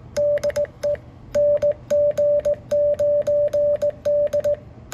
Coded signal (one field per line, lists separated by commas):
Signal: Morse code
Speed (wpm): 19 wpm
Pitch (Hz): 580 Hz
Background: music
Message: DE NG9D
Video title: QSO with JM7OLW - this time on 15m wtih the phased verticals